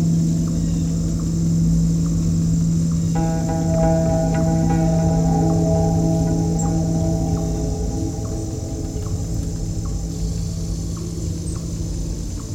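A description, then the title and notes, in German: Sound from a Shiva temple at Somnathpura: a low, steady hum runs under constant murmuring noise. Around three seconds a metallic ringing tone, like a gong or bell, starts and fades slowly over several seconds, while faint soft taps repeat at a steady pace. Tempel - Shiva Tempel Somnathpura.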